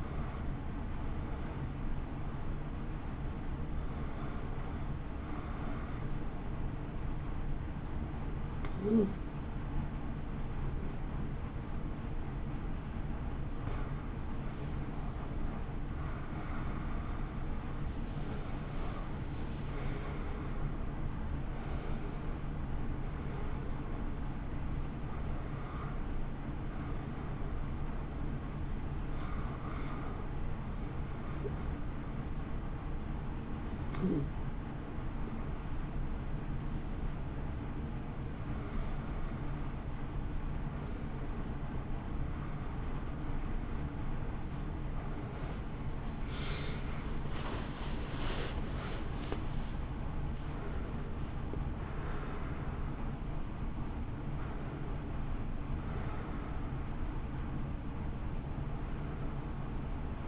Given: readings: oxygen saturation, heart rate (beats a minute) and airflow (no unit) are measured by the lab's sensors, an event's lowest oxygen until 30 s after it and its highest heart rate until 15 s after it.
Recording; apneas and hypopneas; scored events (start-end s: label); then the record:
a person awake in a sleep study, by a smartphone at the bedside; 1
0.00-17.00 s: awake
13.00-43.00 s: new sleep stage, N1 (lightest sleep)
31.00-47.00 s: hypopnea (N1, oxygen 93% highest, then 92% lowest, heart rate 60 at the start, 68 highest)
43.00-60.28 s: new sleep stage, awake
44.00-60.28 s: awake
From the record:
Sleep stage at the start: awake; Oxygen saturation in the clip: 90 to 93%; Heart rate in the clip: 57 to 69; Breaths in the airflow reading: 17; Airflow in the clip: -1.5 to 2.0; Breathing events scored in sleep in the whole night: 328 in 6.3 hours asleep